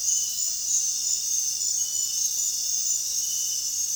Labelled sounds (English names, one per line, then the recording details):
none
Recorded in dense forest near Puerto Asís, Putumayo, Colombia, on 25 June 2025 at 22:00
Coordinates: 0.466, -76.327
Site GP04